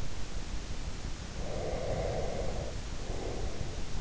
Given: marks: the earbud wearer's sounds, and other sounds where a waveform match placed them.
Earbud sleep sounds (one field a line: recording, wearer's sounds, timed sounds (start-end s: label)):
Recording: sounds in sleep by an in-ear microphone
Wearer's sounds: breath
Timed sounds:
1.36-3.88 s: breath